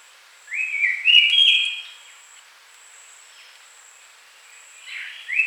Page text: White-Chested Babbler Song. Quick Sounds